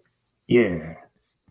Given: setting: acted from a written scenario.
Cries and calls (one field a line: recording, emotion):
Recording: vocal sound without words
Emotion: triumph